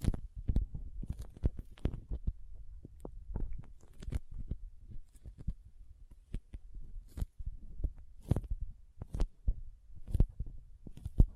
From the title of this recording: Soft Squishy Sticky, Crinkle, Cutting Sounds